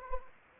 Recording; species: mosquito wingbeat signal from an infrared sensor; Anopheles gambiae